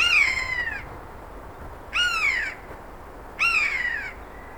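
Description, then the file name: Eurasian jay calling: three clear, descending, plaintive mews, each under a second long, in quick succession. "Garrulus glandarius"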